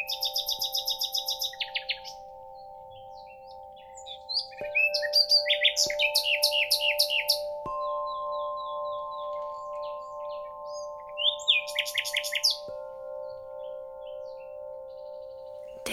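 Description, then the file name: Common nightingale song: loud bursts of rapidly repeated buzzy notes, then pauses and varied chirps, over a steady electronic hum throughout. "Nachtigall"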